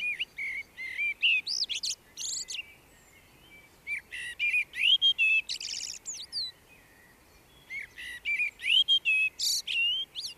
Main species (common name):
Common Blackbird